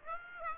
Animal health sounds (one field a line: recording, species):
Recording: mosquito wingbeat signal from an infrared sensor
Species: Aedes aegypti